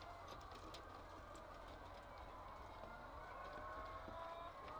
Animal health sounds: poultry house recording; healthy chickens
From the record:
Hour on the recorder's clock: 8

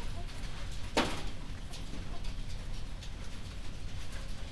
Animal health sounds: poultry house recording; healthy chickens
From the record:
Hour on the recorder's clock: 22

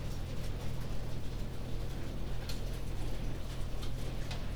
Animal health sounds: poultry house recording; no chicken sound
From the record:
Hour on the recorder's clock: 20

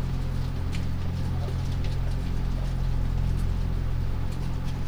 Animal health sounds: poultry house recording; healthy chickens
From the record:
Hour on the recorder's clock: 3

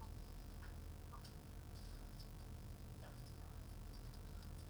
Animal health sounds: poultry house recording; sick chickens (respiratory disease)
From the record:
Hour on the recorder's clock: 16

